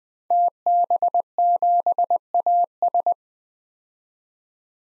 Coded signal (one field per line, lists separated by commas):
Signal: Morse code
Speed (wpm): 20 wpm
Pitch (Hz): 700 Hz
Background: none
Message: TB7AS